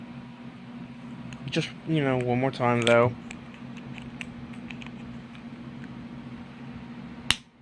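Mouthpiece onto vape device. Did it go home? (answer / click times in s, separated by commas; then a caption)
yes / 7.3 s. Someone talks briefly as the original mouthpiece is pushed onto a Hebe Titan 2 vape device, with faint small ticks in between. At 7.3 s a single sharp, loud click rings out as the mouthpiece snaps flush into place, and it is seated.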